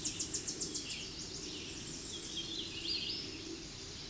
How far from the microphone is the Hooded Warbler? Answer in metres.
about 50 m